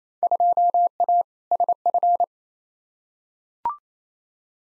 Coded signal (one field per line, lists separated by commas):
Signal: Morse code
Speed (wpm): 28 wpm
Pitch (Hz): 700 Hz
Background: none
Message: 2A SF